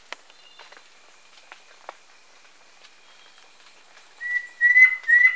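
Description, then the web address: Yellow-breasted antpitta calling: three clear whistled notes, each slightly rising, given in quick succession near the end, after scattered faint clicks and ticks. Recorded in Ecuador. "Birds of Ecuador. Yellow-breasted Antpitta"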